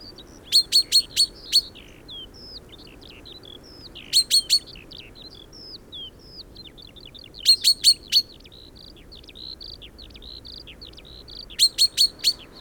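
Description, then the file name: Common chaffinch giving short bursts of three to four sharp, metallic notes every few seconds, with softer twittering and whistled notes between. "Fringilla coelebs"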